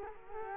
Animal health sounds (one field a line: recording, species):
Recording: mosquito wingbeat signal from an infrared sensor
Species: Culex quinquefasciatus